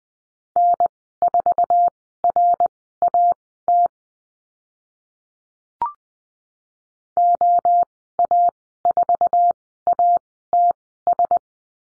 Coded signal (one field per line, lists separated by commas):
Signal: Morse code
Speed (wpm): 20 wpm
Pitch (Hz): 700 Hz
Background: none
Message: N4RAT OA4ATS